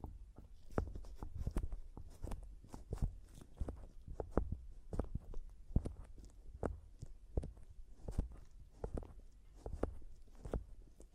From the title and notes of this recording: ASMR Mic Tapping and Scratching (No Talking).